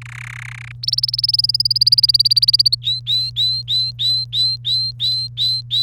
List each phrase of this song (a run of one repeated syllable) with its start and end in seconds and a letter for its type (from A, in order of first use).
0.01-0.72 A, 0.83-2.75 B, 2.83-5.83 C